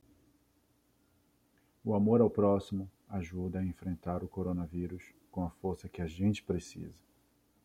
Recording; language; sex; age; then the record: spoken sentence; Brazilian Portuguese; male; 30 to 39 years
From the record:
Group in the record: control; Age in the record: 35 years